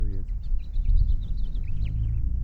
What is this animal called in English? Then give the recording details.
House Finch. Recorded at Hempstead on Long Island, New York, on 10 June 1975. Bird A